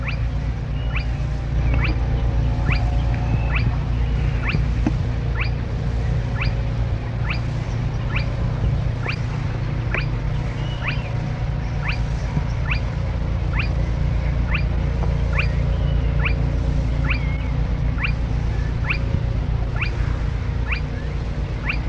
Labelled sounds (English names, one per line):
Spotted Crake